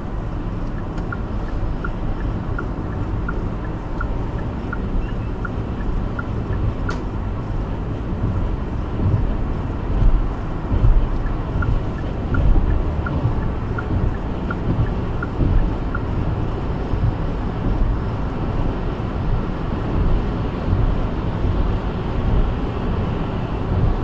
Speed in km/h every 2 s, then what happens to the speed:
71, 72, 72, 76, 77, 81, 84, 85, 87, 87, 89, 87.
0-15 speeds up to 87. 15-24 steady at about 87.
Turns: none.